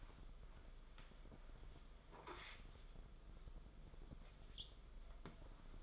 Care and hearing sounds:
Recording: daily activity, microphone in the room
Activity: wipe stove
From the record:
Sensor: 5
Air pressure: 994.6 hPa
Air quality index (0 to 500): 184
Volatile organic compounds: 1000 ppm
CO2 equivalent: 5383 ppm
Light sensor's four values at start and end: 38/111/44/49 and 41/122/49/53

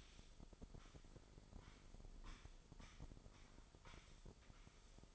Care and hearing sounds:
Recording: daily activity, microphone in the room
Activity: sweep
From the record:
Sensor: 5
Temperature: 24.6 degrees Celsius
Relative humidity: 32.2%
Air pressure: 996.1 hPa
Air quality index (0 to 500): 100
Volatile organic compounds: 6 ppm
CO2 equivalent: 1921 ppm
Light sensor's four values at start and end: 43/104/43/46 and 43/103/42/45

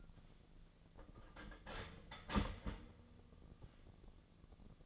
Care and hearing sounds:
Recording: daily activity, microphone in the room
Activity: start toaster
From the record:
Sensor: 4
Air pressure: 1001.1 hPa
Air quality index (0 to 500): 151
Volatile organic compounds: 2 ppm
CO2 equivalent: 1111 ppm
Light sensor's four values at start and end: 18/42/18/19 and 18/42/17/19

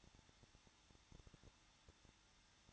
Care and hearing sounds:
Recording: daily activity, microphone in the room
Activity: no activity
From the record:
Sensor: 3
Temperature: 21.2 degrees Celsius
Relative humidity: 36.5%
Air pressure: 1006.4 hPa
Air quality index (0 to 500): 224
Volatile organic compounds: 44 ppm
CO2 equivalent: 3211 ppm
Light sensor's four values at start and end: 2/3/2/2 and 2/3/2/2

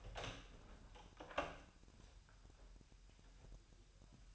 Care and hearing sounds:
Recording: daily activity, microphone in the room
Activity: open door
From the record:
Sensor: 2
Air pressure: 1001.1 hPa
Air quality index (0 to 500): 249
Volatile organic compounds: 94 ppm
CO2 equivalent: 3711 ppm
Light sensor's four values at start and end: 10/23/10/10 and 10/24/10/10

